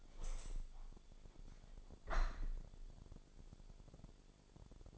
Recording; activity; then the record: daily activity, microphone in the room; open window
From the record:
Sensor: 5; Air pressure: 1000.6 hPa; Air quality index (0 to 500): 151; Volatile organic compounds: 2 ppm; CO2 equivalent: 1160 ppm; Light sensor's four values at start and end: 38/91/38/41 and 39/91/38/41